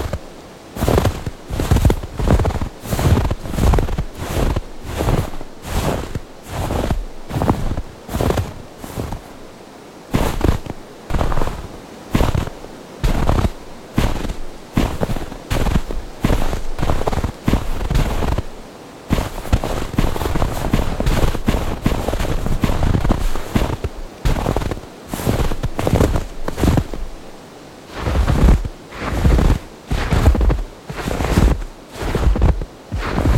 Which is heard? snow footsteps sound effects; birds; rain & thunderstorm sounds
snow footsteps sound effects